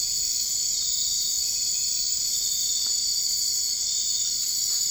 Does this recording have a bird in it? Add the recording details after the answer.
no. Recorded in dense forest near Puerto Asís, Putumayo, Colombia, on 21 March 2025 at 01:00. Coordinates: 0.485, -76.318. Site G056